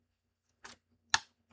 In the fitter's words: You can hear that click click, right?